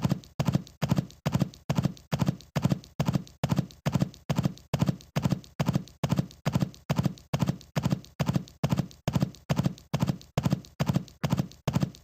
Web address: animals horse horse. running